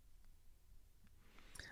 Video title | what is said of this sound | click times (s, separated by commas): Leica M2 and Summicron 50mm f2 | then turn to the right you're gonna hear a click | 1.6 s